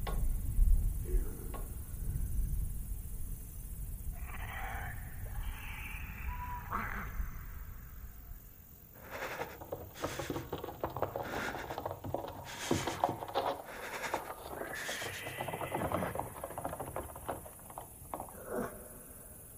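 A dark village ambience with a low rumble filling the first eight seconds. Around five to seven seconds a creature-like moan rises, and after nine seconds dense clattering, scraping and knocking take over, with bursts near twelve and fifteen seconds before it thins out.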